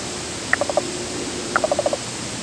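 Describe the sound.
Yellow-billed cuckoo calling: two short series of clucking notes, each opening with a higher note then three to five quick lower knocks, over steady hiss.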